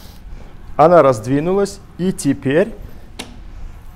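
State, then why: Seated. A release is pressed on the frame of a Bugaboo Donkey 5 Mono stroller in black, and the mono chassis is widened until its extension latch locks. Someone talks briefly, then a sharp click lands at 3.2 s as the frame extension locks in place.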